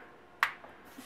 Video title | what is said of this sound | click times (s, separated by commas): Пластиковая накладка SGP Ultra Thin Air Color Series для Samsung Galaxy S4 i9500. Обзор 2013 | it'll snap right in so that's another nice feature | 0.4 s